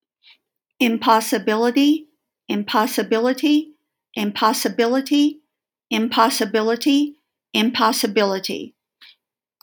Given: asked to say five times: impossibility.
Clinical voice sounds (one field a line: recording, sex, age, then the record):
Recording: repeated word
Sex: female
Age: 60 to 69 years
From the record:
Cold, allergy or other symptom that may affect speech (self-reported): no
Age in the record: 62 years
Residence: Colorado, United States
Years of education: 16